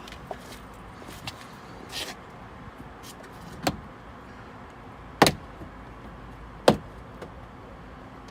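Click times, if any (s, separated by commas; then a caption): 3.7 s, 5.2 s, 6.7 s. A plastic trim tool is pushed behind the door trim panel of a BMW M235i and levered along it to install optical ambient lighting, releasing the plastic retaining clips in the door card one by one. Sharp pops are heard at 3.7, 5.2 and 6.7 seconds, the loudest at 5.2 seconds, against a low steady background with a few fainter ticks. The clips pop off and the panel is released.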